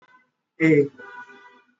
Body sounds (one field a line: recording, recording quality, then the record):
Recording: sustained vowel as in made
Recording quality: moderate, slight background noise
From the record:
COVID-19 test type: RT-PCR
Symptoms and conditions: cough, cold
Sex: male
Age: 20 years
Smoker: no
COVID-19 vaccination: both doses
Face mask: worn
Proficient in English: yes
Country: India